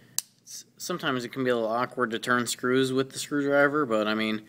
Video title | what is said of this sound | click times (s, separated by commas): Leatherman Juice S2 | this clicks into place really well. It's not gonna fold on you while you're trying to turn a screw. | 0.2 s